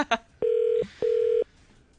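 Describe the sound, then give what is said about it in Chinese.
A quick keypad beep, then two steady, mid-pitched telephone ringing tones of about half a second each, separated by a short pause, sounding alone without any talking; a Hong Kong radio station calling musicians to congratulate them on a music chart. “今日我哋又会啊打电话啦，准备咗两位朋友，唔知佢哋啊得唔得闲听我哋电话呢？”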